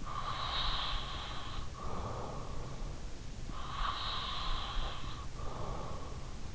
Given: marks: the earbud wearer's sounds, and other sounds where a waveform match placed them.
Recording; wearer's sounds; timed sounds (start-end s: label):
sounds in sleep by an in-ear microphone; breath
0.00-2.68 s: breath
3.59-5.82 s: breath